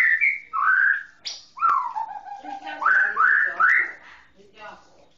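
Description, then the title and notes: White-rumped shama song of mellow whistled phrases, some sliding down and others swooping upward, with a few sharp high notes between them. Training recording used to teach other songbirds. "Masteran Murai Batu"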